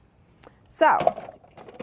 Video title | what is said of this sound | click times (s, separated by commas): Cuisinart Food Processor Stilcasa.net | on the machine press it down in the front until it clicks press it down on the back until it clicks | 0.4 s